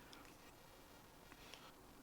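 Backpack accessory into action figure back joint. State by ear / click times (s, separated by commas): seated / 0.1 s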